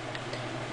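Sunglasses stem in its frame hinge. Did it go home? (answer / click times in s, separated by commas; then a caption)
yes / 0.2 s. A sunglasses stem on an Oakley T-Pain Oil Rig is opened on its dual-cam frame hinge and snaps into the open position at 0.2 s with a short, sharp click over a steady low hum. The stem then stays locked there so it does not fold in while worn.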